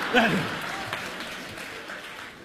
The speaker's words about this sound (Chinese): 您先别着急鼓掌，这都不算什么